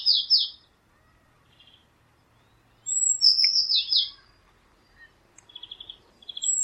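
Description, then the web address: Eurasian blue tit call, a high whistle then a fast descending series of notes, with other brief high chips and a soft background hum. "cianscape birddata Deverinetal 2025 File origin Bird Only Cy Ca"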